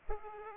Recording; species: mosquito wingbeat signal from an infrared sensor; Culex pipiens